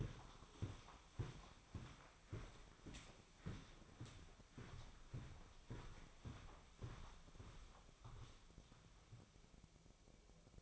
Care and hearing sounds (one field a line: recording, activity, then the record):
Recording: daily activity, microphone in the room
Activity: walk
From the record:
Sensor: 1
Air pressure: 1009.3 hPa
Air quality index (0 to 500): 187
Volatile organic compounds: 4 ppm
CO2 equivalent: 1578 ppm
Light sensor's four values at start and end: 51/136/56/68 and 50/133/55/67